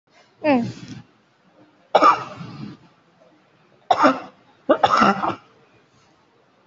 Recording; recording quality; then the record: heavy voluntary cough; excellent, no background noise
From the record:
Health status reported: COVID-19 positive, moderate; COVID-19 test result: positive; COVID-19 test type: RT-PCR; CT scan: taken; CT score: 5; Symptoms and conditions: cough, cold, breathing difficulty, sore throat, fever, fatigue, diarrhoea, another respiratory illness, hypertension, diabetes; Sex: male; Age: 72 years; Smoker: no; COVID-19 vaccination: both doses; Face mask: worn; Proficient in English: yes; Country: India